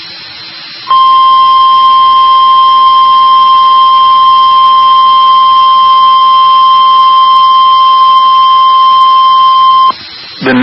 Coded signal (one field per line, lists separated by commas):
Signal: Emergency Alert System (SAME) tones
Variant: 1050 Hz attention tone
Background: speech